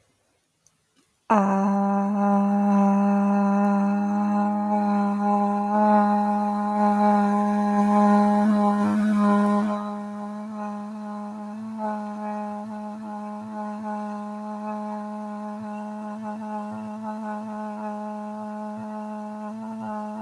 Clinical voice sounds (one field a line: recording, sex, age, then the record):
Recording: vowel held as long as possible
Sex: female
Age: 20 to 29 years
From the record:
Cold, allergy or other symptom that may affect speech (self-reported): no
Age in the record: 27 years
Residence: Michigan, United States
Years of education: 16